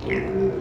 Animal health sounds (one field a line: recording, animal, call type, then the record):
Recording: contact call of a hoofed animal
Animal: pig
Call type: closed-mouth grunt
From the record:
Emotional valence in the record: negative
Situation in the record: short social isolation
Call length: 0.61 s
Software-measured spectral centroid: 1400 Hz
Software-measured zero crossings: 1040 a second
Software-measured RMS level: -24 dBFS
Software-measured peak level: -11 dBFS